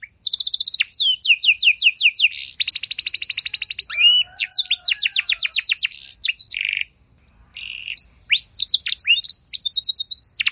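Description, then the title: Belgian canary song: dense rattling trills and sweeping notes, one sustained rapid roll, then a brief pause before the singer resumes with varied chirped phrases. Song with luxurious phrasing, played to warm up other canaries so they answer at once and sing at length. "Canto Para Esquentar Canário Belga. Suara Burung Kenari Lagu dan Cengkok Mewah Buat Kenari Lain Bakal Langsung Nyaut Gacor Panjang"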